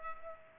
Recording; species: mosquito wingbeat signal from an infrared sensor; Culex pipiens